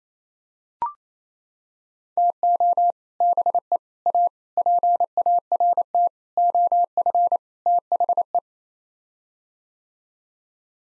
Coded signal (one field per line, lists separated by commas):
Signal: Morse code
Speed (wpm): 28 wpm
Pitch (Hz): 700 Hz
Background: none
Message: TO BE A PART OF THE